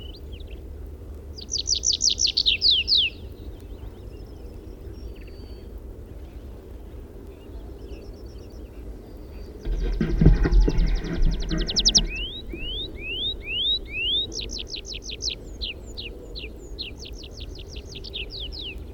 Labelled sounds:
Tree Pipit (Anthus trivialis) flight song

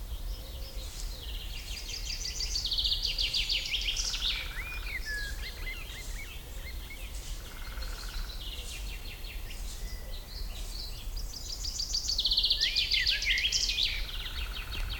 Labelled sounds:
Common Chaffinch (Fringilla coelebs)

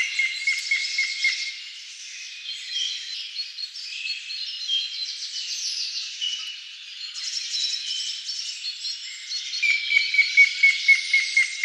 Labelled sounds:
Grey-headed Woodpecker (Picus canus) song

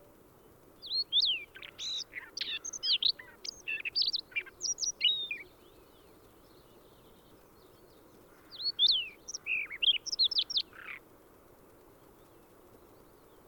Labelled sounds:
Siberian Rubythroat (Luscinia calliope) song

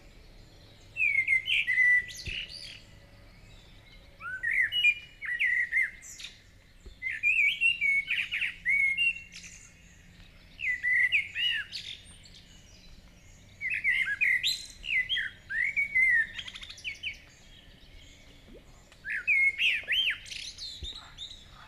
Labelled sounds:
Common Blackbird (Turdus merula) song

